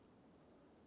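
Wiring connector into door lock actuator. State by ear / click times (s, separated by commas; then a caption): not seated / none. An electrical wiring connector is handled at the door lock actuator of a 2000-2007 Ford Focus rear door, with quiet low rustling and a brief tick at about 0.9 s. Nothing has seated or clicked yet; the connector is not yet home.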